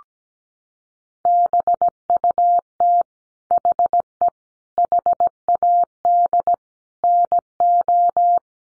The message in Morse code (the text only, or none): BUT HE HAD NO